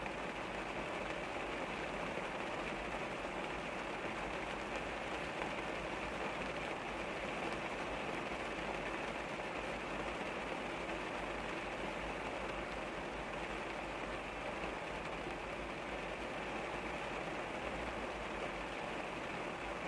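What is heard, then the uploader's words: Rain falls steadily on a car, a dense, even patter with no pauses across the whole stretch. A low rumble of traffic sits underneath, constant, while the drops spread a bright hiss over the top. Raindrops on the Car During a Wet Evening. We sit in the car in an outdoor parking lot and listen to the relaxing sound of rain falling on the car and light traffic passing by.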